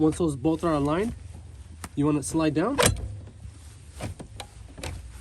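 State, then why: Not seated. Someone talks while the metal bracket on the backrest of an Mcombo Infinite Position Power Lift Chair Model 7630 recliner is aligned with the matching seat-frame brackets on the chair base and slid down onto them. After the talking, a few short, sharp knocks and scrapes are heard during handling. The bracket has not seated or clicked into place yet.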